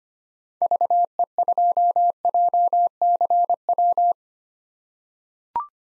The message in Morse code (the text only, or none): VE2JCW